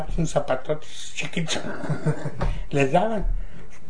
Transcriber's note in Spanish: risas